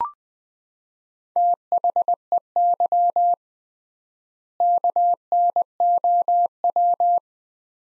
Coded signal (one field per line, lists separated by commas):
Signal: Morse code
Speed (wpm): 20 wpm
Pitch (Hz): 700 Hz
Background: none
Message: THEY KNOW